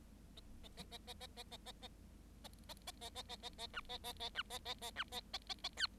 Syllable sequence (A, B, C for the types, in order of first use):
A A A A A A A A A A A A A A A A A A B A A A B A A A B A A A A C